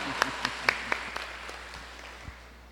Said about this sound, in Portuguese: Uma linda salva de palmas para as nossas mães. Viva nossas mães!